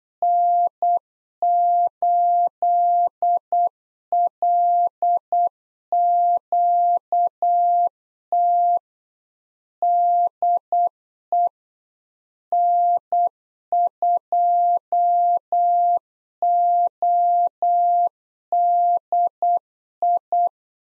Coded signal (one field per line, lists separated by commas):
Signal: Morse code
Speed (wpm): 8 wpm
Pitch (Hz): 700 Hz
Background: none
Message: N8LQT DE N2ODI